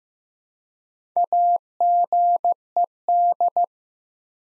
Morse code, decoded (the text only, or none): AGED